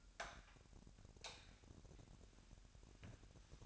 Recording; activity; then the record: daily activity, microphone in the room; light on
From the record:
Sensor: 2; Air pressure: 1011.8 hPa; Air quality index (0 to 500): 214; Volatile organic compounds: 3 ppm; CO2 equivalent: 1508 ppm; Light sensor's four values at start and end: 10/24/10/11 and 15/41/17/17